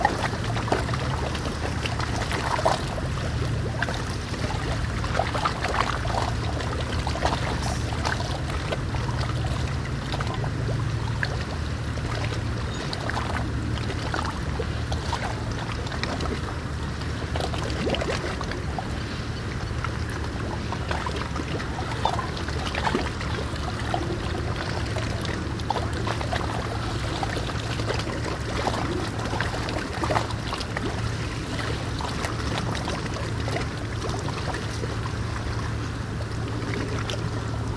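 Small waves lap against a dock in a steady, continuous wash, with frequent soft splashes and knocks scattered throughout. A low engine-like hum runs underneath the whole time, strongest early on, suggesting a boat idling. The level stays even.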